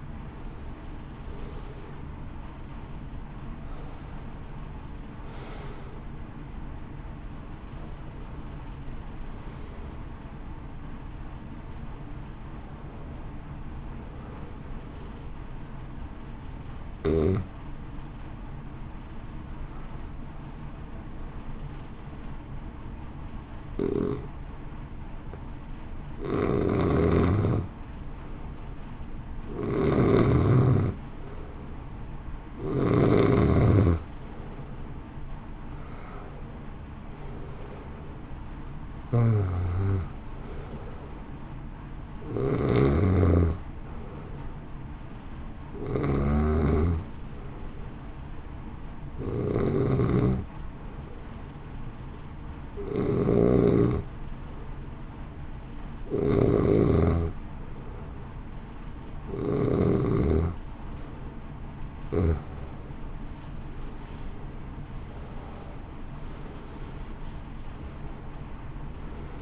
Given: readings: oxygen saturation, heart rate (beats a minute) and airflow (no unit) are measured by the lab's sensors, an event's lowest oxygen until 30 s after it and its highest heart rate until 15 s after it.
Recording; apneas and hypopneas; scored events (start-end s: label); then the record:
breathing in sleep by a smartphone at the bedside; 2
10.00-40.00 s: new sleep stage, N1 (lightest sleep)
18.00-32.90 s: hypopnea (N1, oxygen 94% highest, then 88% lowest, heart rate 54 at the start, 63 highest)
40.00-69.42 s: new sleep stage, N2 (light sleep)
50.00-64.90 s: hypopnea (N2, oxygen 92% highest, then 87% lowest, heart rate 59 at the start, 68 highest)
From the record:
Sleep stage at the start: N2 (light sleep); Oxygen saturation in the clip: 87 to 94%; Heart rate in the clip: 53 to 70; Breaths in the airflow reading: 23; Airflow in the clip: -1.5 to 2.5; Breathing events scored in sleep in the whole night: 328 in 6.3 hours asleep